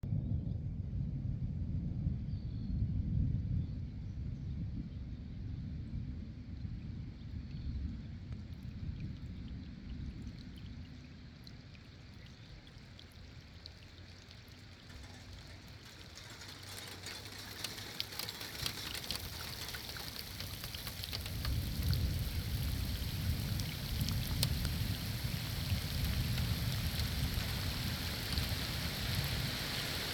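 Rain sweeps in over a lake during a storm. For the first fifteen seconds a deep, rolling rumble dominates under a faint hiss, then around sixteen seconds a dense, bright downpour arrives with crackling impacts, and low thunder-like rumbling returns beneath it.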